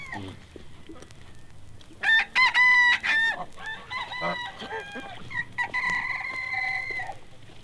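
Bantam chicken: rooster crowing, a few harmonic crows in a row, varying in loudness.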